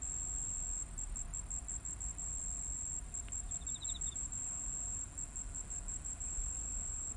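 Cricket chirping, rapid high pulses repeating steadily throughout, a short faint twittering burst around the middle, low rumbling noise underneath.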